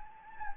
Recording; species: mosquito wingbeat signal from an infrared sensor; Anopheles gambiae